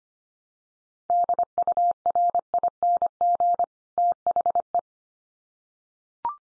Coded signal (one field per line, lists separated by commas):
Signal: Morse code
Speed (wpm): 25 wpm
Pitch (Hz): 700 Hz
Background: none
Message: DURING THE